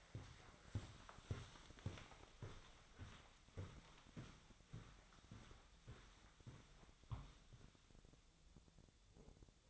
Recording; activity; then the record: daily activity, microphone in the room; walk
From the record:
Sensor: 3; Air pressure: 1009.3 hPa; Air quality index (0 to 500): 193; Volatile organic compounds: 4 ppm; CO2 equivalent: 1565 ppm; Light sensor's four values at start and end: 59/152/67/69 and 60/154/68/71